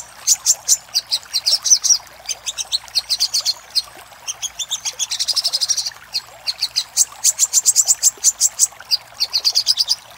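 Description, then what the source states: Little spiderhunter song: fast series of high, sharp notes in long rattling bursts, broken by short pauses, one trill-like stretch in the middle. Master recording for training cage birds, titled Sogok Ontong Labaik.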